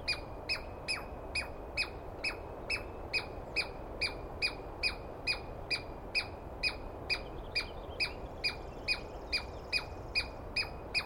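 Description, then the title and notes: Douglas squirrel chattering in persistent, coarse, down-sweeping barks roughly every half second, with soft background hiss throughout. Single wild squirrel screaming at length at dawn, morning of 21 April 2017, East Cascades; recordist startled awake by it; identity judged by its sound, animal only poorly seen. "On the morning of 21 April, 2017, I set up my microphones and recorder for a nice dawn recording in the East Cascades. I was started awake by a screaming Douglas Pine Squirrel."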